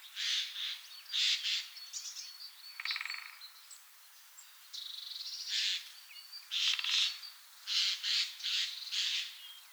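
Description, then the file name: Eurasian jay with repeated hoarse, tearing screeches, often doubled or tripled, and one short buzzy nasal note; other small birds twitter faintly in the gaps. "Garrulus glandarius"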